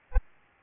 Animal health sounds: mosquito wingbeat signal from an infrared sensor; Aedes albopictus

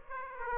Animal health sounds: mosquito wingbeat signal from an infrared sensor; Aedes aegypti

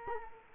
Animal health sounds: mosquito wingbeat signal from an infrared sensor; Culex quinquefasciatus

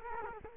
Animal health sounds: mosquito wingbeat signal from an infrared sensor; Culex quinquefasciatus

